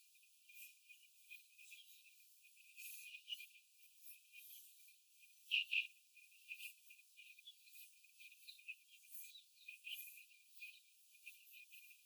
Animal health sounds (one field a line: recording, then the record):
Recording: young laying hens in a cage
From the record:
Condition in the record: after the stressor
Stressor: simulated dog barking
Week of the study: 4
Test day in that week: 1